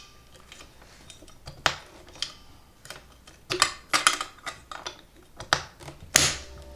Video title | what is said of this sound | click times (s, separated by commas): Vintate Kenmore 158.19311 Sewing Machine | you hear that click you know you got it | 6.2 s